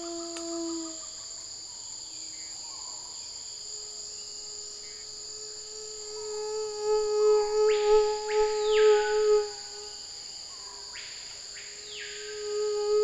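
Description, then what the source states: Mosquito buzz, a steady whining hum that swells and wavers for a few seconds midway, with sweeping insect or bird calls and a constant high insect drone behind. Tropical mosquito recorded 17 November 2006 on the Chemin des grands arbres path, Saül, French Guiana, with a Nagra LB and a cardioid MKH40 microphone.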